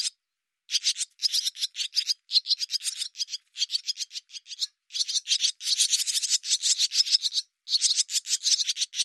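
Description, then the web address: Bird chatter of hoarse rasping notes in repeated bursts separated by short pauses, fairly even in loudness throughout; otherwise quiet. "cianscape birddata Deverinetal 2025"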